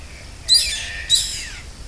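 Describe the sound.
Bird calls: two loud, harsh, high squawks about half a second apart, each falling slightly in pitch, over a low steady background hum.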